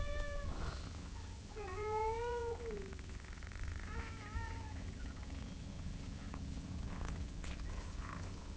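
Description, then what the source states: Cat meowing, a brief call near the start, a clear drawn-out meow around two seconds, then a softer short one, with low background rumble. Gently meowing in long intervals.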